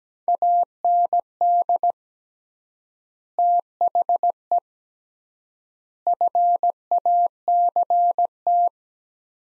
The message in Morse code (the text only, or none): AND THE FACT